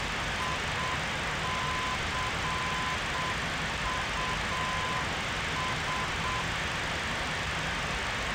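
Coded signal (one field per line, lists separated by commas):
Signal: Morse code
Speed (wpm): 7 wpm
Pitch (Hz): 1020 Hz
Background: none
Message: ICUS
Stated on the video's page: Morse in a flight simulator MD-83 flight.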